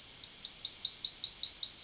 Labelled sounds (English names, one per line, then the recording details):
Yellowhammer song
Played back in forest
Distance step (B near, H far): B
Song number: 057